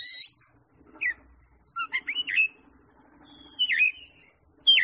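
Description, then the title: Oriental magpie-robin song: spaced single whistles and short sliding phrases, some rising sharply, with a low hum underneath. Champion singing bird. "Kicau Burung Kacer Juara"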